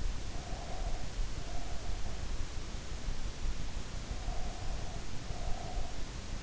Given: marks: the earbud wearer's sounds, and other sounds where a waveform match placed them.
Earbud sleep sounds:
sounds in sleep by an in-ear microphone; breath
0.21-2.37 s: breath
4.04-6.06 s: breath

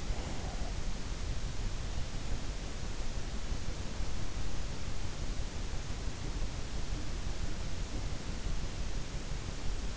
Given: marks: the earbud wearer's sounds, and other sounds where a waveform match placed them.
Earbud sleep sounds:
sounds in sleep by an in-ear microphone; breath
0.00-0.74 s: breath

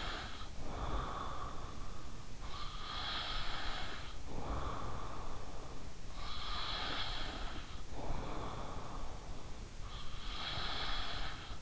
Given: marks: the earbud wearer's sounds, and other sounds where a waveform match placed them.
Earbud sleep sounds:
sounds in sleep by an in-ear microphone; breath
0.00-11.62 s: breath

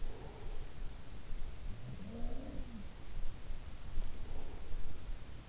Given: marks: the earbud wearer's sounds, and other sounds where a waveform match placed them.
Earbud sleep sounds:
sounds in sleep by an in-ear microphone; breath
0.00-0.82 s: breath
1.59-2.85 s: sound from someone else or the room
3.76-5.11 s: breath

